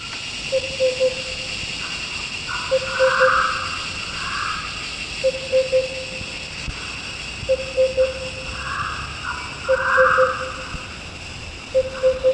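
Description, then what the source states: Sunda lesser cuckoo calling: a low, clear three-note phrase repeated at a steady pace over a constant hiss. Recorded 1 March 2008.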